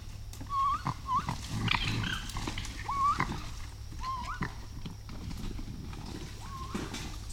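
Raccoon chirps: five short whistled notes rising at the end, given at irregular intervals, with clicks and soft rustling throughout.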